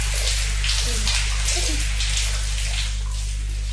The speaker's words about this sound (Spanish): Ay, ya me cansé de toda esta gente, me voy a bañar. Qué rica esta ducha, ¿va? Qué rica, qué rica.